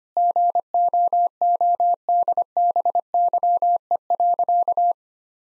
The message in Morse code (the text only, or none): GOODBYE.